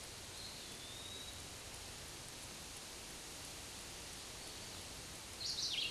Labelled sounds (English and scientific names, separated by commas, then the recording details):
Eastern Wood-Pewee (Contopus virens) song
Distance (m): 55 m
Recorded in a Pennsylvania forest on 18 May 2023 at 13:49
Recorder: AudioMoth, point grid1_16_low
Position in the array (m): 198 m, 172 m